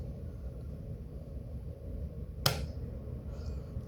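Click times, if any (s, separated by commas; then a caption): 2.5 s. A compartment cover on a Vivitar camcorder body is closed over a steady low background hum. One sharp, bright click sounds at 2.5 s and fades quickly. The door clicks shut and is seated.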